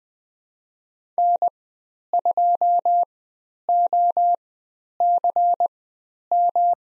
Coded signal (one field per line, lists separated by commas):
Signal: Morse code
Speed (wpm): 20 wpm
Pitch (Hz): 700 Hz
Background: none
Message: N2OCM